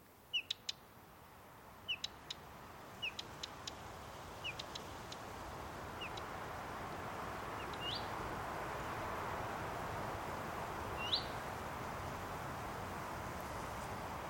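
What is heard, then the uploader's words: Short bird chirps sound in a regular pattern about once a second over a steady, rising hiss, with a louder call near eleven seconds. Nordic Nature is a collection of evocative and immersive ambiences recorded by George Vlad and Pete Smith over a three-year period across the wilderness of Sweden and Norway.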